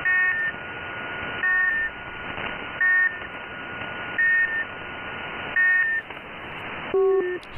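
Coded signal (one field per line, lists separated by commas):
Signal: channel marker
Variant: UVB-76 (The Buzzer)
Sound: six short buzzy beeps about 1.4 s apart over hiss; the last one lower in pitch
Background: radio static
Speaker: this is uh received via a Norwegian radio station um asdr the LA 1D Historical Society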